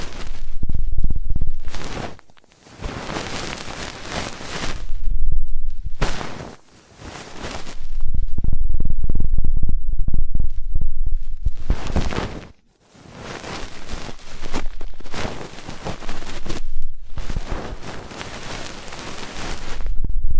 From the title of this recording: ASMR Intense Electrifying Ear Cleaning